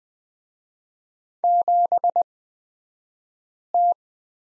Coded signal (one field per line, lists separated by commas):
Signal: Morse code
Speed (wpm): 20 wpm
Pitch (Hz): 700 Hz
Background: none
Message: 7T